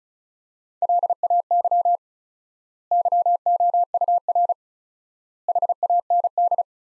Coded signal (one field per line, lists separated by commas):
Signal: Morse code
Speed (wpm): 36 wpm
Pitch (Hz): 700 Hz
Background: none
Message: LAY YOUR HAND